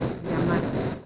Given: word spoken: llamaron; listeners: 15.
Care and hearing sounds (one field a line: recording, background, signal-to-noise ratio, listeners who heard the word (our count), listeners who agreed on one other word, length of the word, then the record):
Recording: one Spanish word in noise, from a listening test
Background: noise modulated by three-talker babble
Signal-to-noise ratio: -3.4 dB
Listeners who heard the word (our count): 0 of 15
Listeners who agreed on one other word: 11 of 15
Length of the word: 0.66 s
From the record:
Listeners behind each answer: 11, 1, 1, 1, 1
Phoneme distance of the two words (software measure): 14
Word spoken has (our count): 3 syllables, 7 phonemes, stress on syllable 2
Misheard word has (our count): 2 syllables, 5 phonemes, stress on syllable 2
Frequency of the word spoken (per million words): 10.85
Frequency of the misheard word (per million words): 53.29